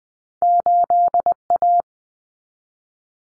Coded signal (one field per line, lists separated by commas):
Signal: Morse code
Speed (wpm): 20 wpm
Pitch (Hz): 700 Hz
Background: none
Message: 8A